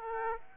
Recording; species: mosquito wingbeat signal from an infrared sensor; Aedes aegypti